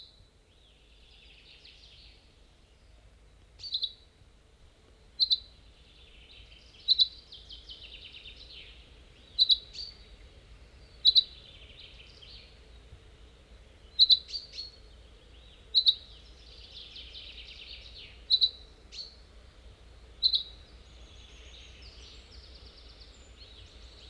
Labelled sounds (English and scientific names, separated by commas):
Common Chaffinch (Fringilla coelebs) call